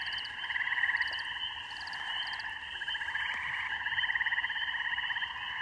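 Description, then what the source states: Spring peeper mating chorus: a dense, continuous wall of high peeping and trilling frogs, with short pulsed bursts of a higher chirping sound in the first seconds. Mating song of spring peepers with other frogs in a rural beaver pond in the evening; captured on an iPhone with Voice Record Pro.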